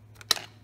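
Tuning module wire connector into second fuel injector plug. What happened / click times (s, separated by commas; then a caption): The plastic connector snapped into place / 0.3 s. The second plastic plug on a tuning module's wire connector is pushed onto the other fuel injector's connector, and it snaps into the injector harness with a sharp, bright click at 0.3 s. A faint tick at 0.2 s comes before it, and a softer tick follows at 0.4 s, over a steady low hum. The connector is seated.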